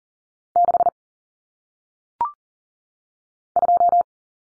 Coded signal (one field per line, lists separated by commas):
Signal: Morse code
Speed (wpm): 40 wpm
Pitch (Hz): 700 Hz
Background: none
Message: 6 2